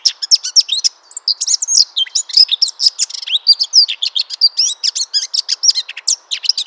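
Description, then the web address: Eurasian blackcap singing a rapid, dense warble of varied high chirps, trills and short whistled notes running without pause. "SETE data Sylvia atricapilla"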